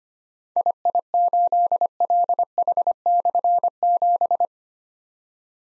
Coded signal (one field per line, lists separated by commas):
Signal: Morse code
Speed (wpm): 25 wpm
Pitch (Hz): 700 Hz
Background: none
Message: II8LH/7